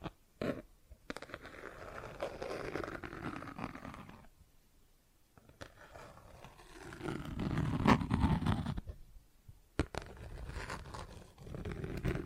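Plastic objects scratch and scrape in long uneven strokes with sharp taps near the start, around eight seconds and just before ten.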